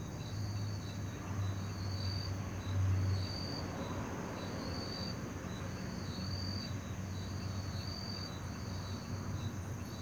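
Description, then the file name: Cricket with rhythmic high pulsed chirps, partly masked by a heavy low rumble and a short louder swell near three seconds. Night ambience in Parque da Liberdade. "Ambiencia parque da liberdade a noite com grilos, morcegos, moto longe e sapos"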